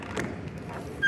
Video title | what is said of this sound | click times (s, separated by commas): Honda Supra GTR150 Update Ngayong 2023! | manibela Ayan tatapat po lang natin Dian sa lock Ayan naka-lock na po siya and | 0.2 s